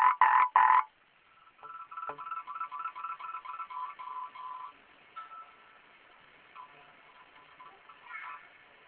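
Frog croaking: three loud harsh pulses, then a softer run of quick repeated croaks that fades into faint scattered calls.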